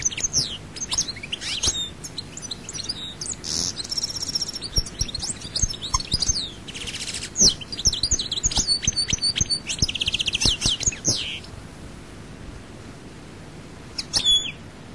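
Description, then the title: European goldfinch twittering in quick, jumbled high notes and short buzzes over several seconds, mixed with frequent clicking sounds, then a quiet stretch. "Chant Chardonneret"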